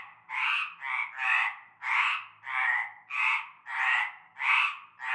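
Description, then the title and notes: Frog chorus of loud raspy croaks in rapid, overlapping bursts. Frog chorus starting at nightfall in a large concrete basin with stagnant greenish water, Avenue Cante Coucou, La Ciotat, Bouches-du-Rhône, France. "Avenue Cante Coucou, Groupède, La Ciotat, Marseille, Bouches-du-Rhône, Provence-Alpes-Côte d'Azur, France métropolitaine, 13600, France - cœur de grenouilles. Une grande vasque en béton, un fond d'eau verdâtre croupissant. et un cœur de grenouilles dès la nuit tombée"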